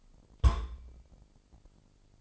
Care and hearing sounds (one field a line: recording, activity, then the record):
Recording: daily activity, microphone in the room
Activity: place on stove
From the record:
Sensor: 5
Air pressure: 995.5 hPa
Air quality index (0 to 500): 101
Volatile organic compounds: 6 ppm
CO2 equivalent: 1934 ppm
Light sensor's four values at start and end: 34/78/33/36 and 34/78/34/36